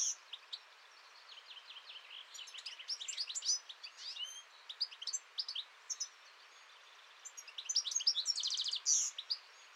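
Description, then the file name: European goldfinch delivering scattered sharp chirps that build into tinkling twitters and a fast buzzy trill near the end. "Chardonneret-élègant"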